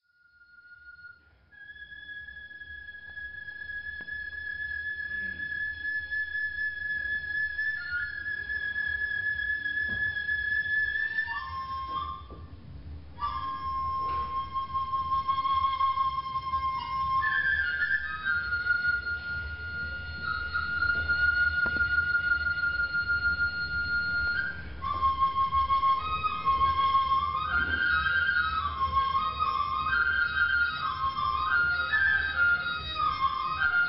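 A flute plays a slow solo melody live, holding long clear notes that step between pitches, then moving into quicker ornamented runs after about 25 seconds. A low steady hum or rumble sits underneath throughout, with faint noise and occasional soft knocks.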